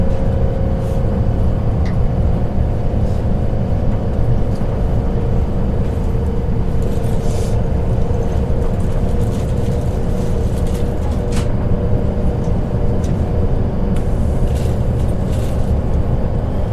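A train hums steadily on its rails, a dense low rumble with a faint tone near 500, and brief soft clicks scattered throughout.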